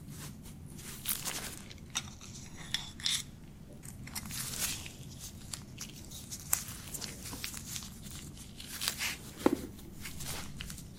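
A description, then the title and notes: Beard treatment: bristly scratching and rubbing strokes come in short bright bursts every second or so, with busier patches near five and nine seconds and a sharp little click around nine and a half seconds. A low, steady hum sits underneath. ASMR Relaxing Beard Treatment [NO TALKING].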